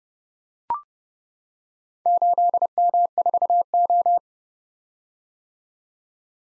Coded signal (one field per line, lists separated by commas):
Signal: Morse code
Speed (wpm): 30 wpm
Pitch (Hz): 700 Hz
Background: none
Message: 8M4O